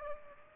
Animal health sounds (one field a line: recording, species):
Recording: mosquito wingbeat signal from an infrared sensor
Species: Culex pipiens